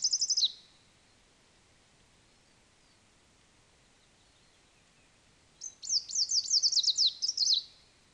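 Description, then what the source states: Greenish warbler: the tail of one high, rapid phrase, a long pause, then another full tumbling phrase of sharp down-slurred notes. Subspecies viridanus; song.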